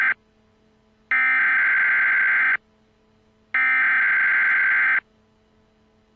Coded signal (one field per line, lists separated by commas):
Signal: Emergency Alert System (SAME) tones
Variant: header bursts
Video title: The 2022 Eastern Blizzard: An EAS Scenario